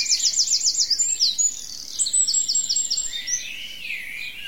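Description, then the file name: Birds singing: rapid sweeping trills repeated in short bursts, overlapping with thinner high whistles and a descending slurred phrase near the end. "zvuki peniia ptits"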